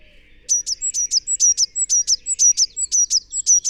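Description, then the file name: Eurasian blue tit calling in a long, steady run of many high, sharp paired chirps. "Cyanistes caeruleus"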